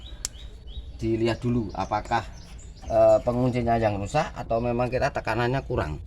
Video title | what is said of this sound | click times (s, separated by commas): CARA MUDAH TUNE UP/SERVIS AVANSA, XENIA SENDIRI SEBFELUM TOURING #avanzaxeniaindonesiaclub | soketnya kita pasang juga Sampai bunyi klik ya kalau belum bunyi klik di | 0.2 s